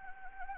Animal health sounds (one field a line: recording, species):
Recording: mosquito wingbeat signal from an infrared sensor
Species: Anopheles gambiae